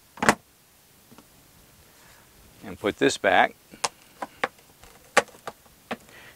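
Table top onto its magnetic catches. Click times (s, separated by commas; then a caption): 0.3 s. An epoxy map table top is put back in place over its storage compartment, where it is held by magnets, and it clicks onto its magnetic catches at 0.3 s, seating the top. Afterward someone talks, with several more sharp taps and knocks.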